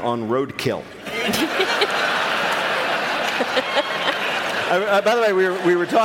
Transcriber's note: laughter